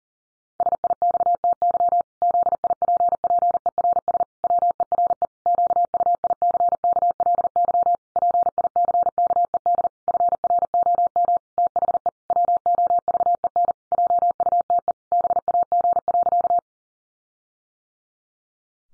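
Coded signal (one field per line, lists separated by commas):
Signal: Morse code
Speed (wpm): 40 wpm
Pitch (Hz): 700 Hz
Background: none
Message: SIXTY ZIPPERS WERE QUICKLY PICKED FROM THE WOVEN JUTE BAG.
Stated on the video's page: Morse pangram practice at 40 wpm, each pangram sent twice.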